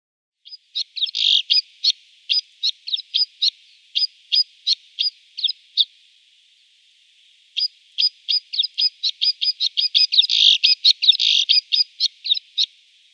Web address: Schulze Peter Snowfinch song